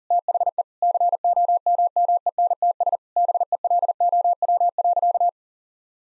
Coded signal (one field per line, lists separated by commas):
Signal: Morse code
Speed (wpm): 40 wpm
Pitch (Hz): 700 Hz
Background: none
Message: THE COMMENTS BELOW.